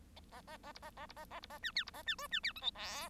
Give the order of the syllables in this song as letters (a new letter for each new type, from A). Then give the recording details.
A A A B A A B A A B A C D B A C E C D F G H. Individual Bird1